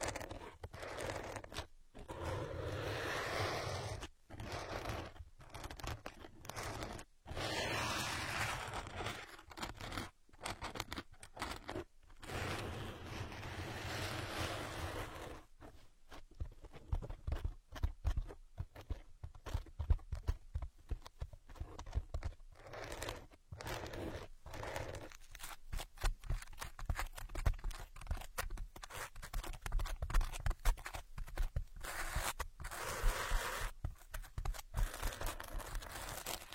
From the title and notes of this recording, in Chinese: 姐姐抠耳朵催眠。